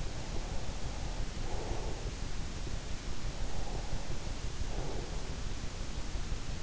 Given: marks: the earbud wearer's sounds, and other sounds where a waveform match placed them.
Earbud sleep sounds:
sounds in sleep by an in-ear microphone; breath
0.15-2.03 s: breath
3.28-5.15 s: breath

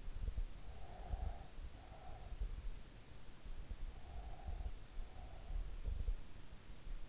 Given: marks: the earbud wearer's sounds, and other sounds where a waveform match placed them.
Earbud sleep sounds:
sounds in sleep by an in-ear microphone; breath
0.56-2.58 s: breath
3.79-5.69 s: breath

